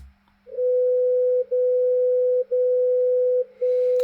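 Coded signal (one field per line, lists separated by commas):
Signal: radio time signal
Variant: MSF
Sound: steady mid-pitched tone broken by a brief gap once a second, three gaps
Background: faint radio hum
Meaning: Each short break in the carrier marks the start of a second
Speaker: I'll switch to MSF on 60 kilohertz.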